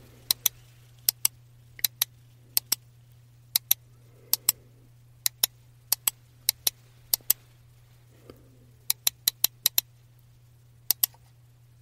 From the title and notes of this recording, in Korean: ASMR 듣기 좋은 트랙볼 마우스 소리.